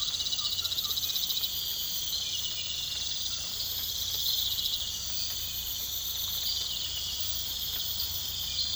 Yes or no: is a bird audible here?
yes